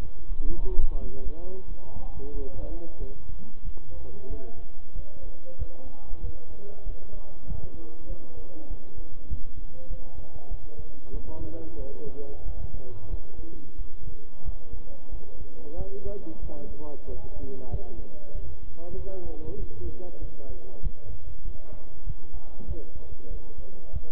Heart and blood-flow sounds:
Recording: heart sounds by stethoscope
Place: between the tricuspid and mitral areas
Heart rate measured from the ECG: 94 bpm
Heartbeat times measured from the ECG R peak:
0.28 s: heartbeat
0.99 s: heartbeat
1.67 s: heartbeat
2.33 s: heartbeat
3.00 s: heartbeat
3.64 s: heartbeat
4.30 s: heartbeat
4.95 s: heartbeat
5.58 s: heartbeat
6.23 s: heartbeat
6.86 s: heartbeat
7.47 s: heartbeat
8.09 s: heartbeat
8.70 s: heartbeat
9.30 s: heartbeat
9.90 s: heartbeat
10.51 s: heartbeat
11.13 s: heartbeat
11.78 s: heartbeat
12.45 s: heartbeat
13.10 s: heartbeat
13.78 s: heartbeat
14.45 s: heartbeat
15.12 s: heartbeat
15.78 s: heartbeat
16.42 s: heartbeat
17.08 s: heartbeat
17.71 s: heartbeat
18.35 s: heartbeat
18.98 s: heartbeat
19.59 s: heartbeat
20.22 s: heartbeat
20.83 s: heartbeat
21.45 s: heartbeat
22.07 s: heartbeat
22.68 s: heartbeat
23.31 s: heartbeat
23.93 s: heartbeat
From the record:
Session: bicycle stress test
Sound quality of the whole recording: good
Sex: male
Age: 23 years

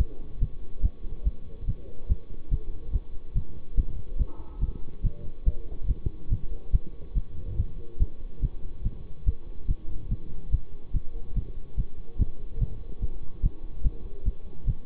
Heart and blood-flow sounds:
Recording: heart sounds by stethoscope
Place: between the tricuspid and mitral areas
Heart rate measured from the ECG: 143 bpm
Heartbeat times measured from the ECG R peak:
0.39 s: heartbeat
0.81 s: heartbeat
1.23 s: heartbeat
1.66 s: heartbeat
2.07 s: heartbeat
2.49 s: heartbeat
2.91 s: heartbeat
3.34 s: heartbeat
3.75 s: heartbeat
4.17 s: heartbeat
4.60 s: heartbeat
5.02 s: heartbeat
5.44 s: heartbeat
5.86 s: heartbeat
6.29 s: heartbeat
6.71 s: heartbeat
7.14 s: heartbeat
7.56 s: heartbeat
7.98 s: heartbeat
8.40 s: heartbeat
8.83 s: heartbeat
9.24 s: heartbeat
9.66 s: heartbeat
10.09 s: heartbeat
10.50 s: heartbeat
10.92 s: heartbeat
11.34 s: heartbeat
11.76 s: heartbeat
12.17 s: heartbeat
12.59 s: heartbeat
13.00 s: heartbeat
13.41 s: heartbeat
13.82 s: heartbeat
14.24 s: heartbeat
14.65 s: heartbeat
From the record:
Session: bicycle stress test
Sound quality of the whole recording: good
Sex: male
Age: 24 years

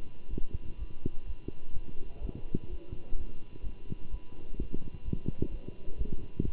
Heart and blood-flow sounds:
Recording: heart sounds by stethoscope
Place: between the tricuspid and mitral areas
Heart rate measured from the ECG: 127 bpm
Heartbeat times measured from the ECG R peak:
0.29 s: heartbeat
0.77 s: heartbeat
1.25 s: heartbeat
1.72 s: heartbeat
2.20 s: heartbeat
2.68 s: heartbeat
3.16 s: heartbeat
3.62 s: heartbeat
4.10 s: heartbeat
4.57 s: heartbeat
5.04 s: heartbeat
5.50 s: heartbeat
5.97 s: heartbeat
6.44 s: heartbeat
From the record:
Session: Bruce protocol treadmill stress test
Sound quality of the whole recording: good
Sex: male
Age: 23 years

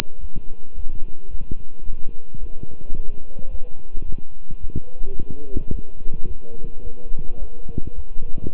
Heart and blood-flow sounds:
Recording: heart sounds by stethoscope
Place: between the tricuspid and mitral areas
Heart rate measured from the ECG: 108 bpm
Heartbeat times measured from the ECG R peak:
0.19 s: heartbeat
0.74 s: heartbeat
1.29 s: heartbeat
1.84 s: heartbeat
2.38 s: heartbeat
2.94 s: heartbeat
3.49 s: heartbeat
4.04 s: heartbeat
4.59 s: heartbeat
5.14 s: heartbeat
5.70 s: heartbeat
6.25 s: heartbeat
6.82 s: heartbeat
7.38 s: heartbeat
7.93 s: heartbeat
8.49 s: heartbeat
From the record:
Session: walking at 3.7 km/h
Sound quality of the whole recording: good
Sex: male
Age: 26 years

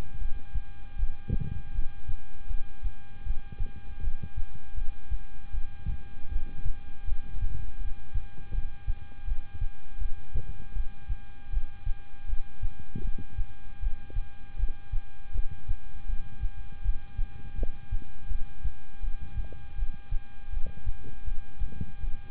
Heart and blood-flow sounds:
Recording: heart sounds by stethoscope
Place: between the tricuspid and mitral areas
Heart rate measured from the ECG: 80 bpm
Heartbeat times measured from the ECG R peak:
0.19 s: heartbeat
0.96 s: heartbeat
1.72 s: heartbeat
2.48 s: heartbeat
3.24 s: heartbeat
4.01 s: heartbeat
4.75 s: heartbeat
5.51 s: heartbeat
6.29 s: heartbeat
7.05 s: heartbeat
7.78 s: heartbeat
8.52 s: heartbeat
9.25 s: heartbeat
9.99 s: heartbeat
10.74 s: heartbeat
11.51 s: heartbeat
12.27 s: heartbeat
13.02 s: heartbeat
13.80 s: heartbeat
14.57 s: heartbeat
15.32 s: heartbeat
16.07 s: heartbeat
16.83 s: heartbeat
17.56 s: heartbeat
18.28 s: heartbeat
19.01 s: heartbeat
19.76 s: heartbeat
20.51 s: heartbeat
21.25 s: heartbeat
22.01 s: heartbeat
From the record:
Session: rest, lying down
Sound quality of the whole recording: good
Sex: male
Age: 26 years

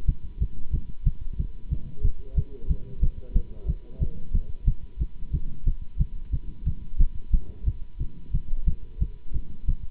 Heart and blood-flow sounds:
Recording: heart sounds by stethoscope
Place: between the tricuspid and mitral areas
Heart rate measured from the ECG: 181 bpm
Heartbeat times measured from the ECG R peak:
0.07 s: heartbeat
0.39 s: heartbeat
0.72 s: heartbeat
1.05 s: heartbeat
1.37 s: heartbeat
1.70 s: heartbeat
2.03 s: heartbeat
2.36 s: heartbeat
2.68 s: heartbeat
3.01 s: heartbeat
3.34 s: heartbeat
3.67 s: heartbeat
4.00 s: heartbeat
4.33 s: heartbeat
4.66 s: heartbeat
4.99 s: heartbeat
5.32 s: heartbeat
5.65 s: heartbeat
5.99 s: heartbeat
6.32 s: heartbeat
6.65 s: heartbeat
6.99 s: heartbeat
7.32 s: heartbeat
7.65 s: heartbeat
7.99 s: heartbeat
8.32 s: heartbeat
8.66 s: heartbeat
8.99 s: heartbeat
9.33 s: heartbeat
9.67 s: heartbeat
From the record:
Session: Bruce protocol treadmill stress test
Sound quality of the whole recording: good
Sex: male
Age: 24 years

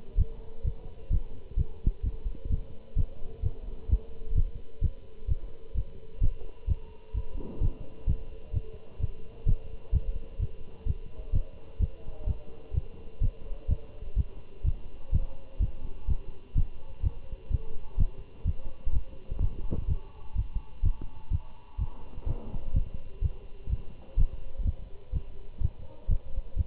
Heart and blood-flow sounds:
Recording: heart sounds by stethoscope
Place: between the tricuspid and mitral areas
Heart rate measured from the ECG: 127 bpm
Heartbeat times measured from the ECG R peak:
0.19 s: heartbeat
0.65 s: heartbeat
1.11 s: heartbeat
1.58 s: heartbeat
2.05 s: heartbeat
2.51 s: heartbeat
2.97 s: heartbeat
3.44 s: heartbeat
3.90 s: heartbeat
4.36 s: heartbeat
4.83 s: heartbeat
5.29 s: heartbeat
5.76 s: heartbeat
6.22 s: heartbeat
6.69 s: heartbeat
7.15 s: heartbeat
7.62 s: heartbeat
8.08 s: heartbeat
8.55 s: heartbeat
9.01 s: heartbeat
9.47 s: heartbeat
9.94 s: heartbeat
10.41 s: heartbeat
10.87 s: heartbeat
11.34 s: heartbeat
11.81 s: heartbeat
12.28 s: heartbeat
12.75 s: heartbeat
13.22 s: heartbeat
13.70 s: heartbeat
14.18 s: heartbeat
14.66 s: heartbeat
15.13 s: heartbeat
15.61 s: heartbeat
16.09 s: heartbeat
16.57 s: heartbeat
17.04 s: heartbeat
17.52 s: heartbeat
17.99 s: heartbeat
18.46 s: heartbeat
18.94 s: heartbeat
19.41 s: heartbeat
19.89 s: heartbeat
20.37 s: heartbeat
20.84 s: heartbeat
21.32 s: heartbeat
21.80 s: heartbeat
22.28 s: heartbeat
22.75 s: heartbeat
23.23 s: heartbeat
23.71 s: heartbeat
24.18 s: heartbeat
24.66 s: heartbeat
25.14 s: heartbeat
25.62 s: heartbeat
26.10 s: heartbeat
26.58 s: heartbeat
From the record:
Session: Bruce protocol treadmill stress test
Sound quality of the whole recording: good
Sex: male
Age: 25 years

